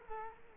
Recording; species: mosquito wingbeat signal from an infrared sensor; Culex quinquefasciatus